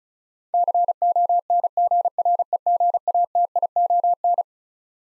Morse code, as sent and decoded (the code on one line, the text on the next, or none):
-.-. --- -. --. .-. . --. .- - .. --- -.
CONGREGATION